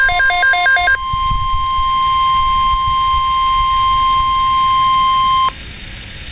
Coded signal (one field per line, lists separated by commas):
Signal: Emergency Alert System (SAME) tones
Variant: 1050 Hz attention tone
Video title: EAS #102 Severe Thunderstorm Watch 8/21/14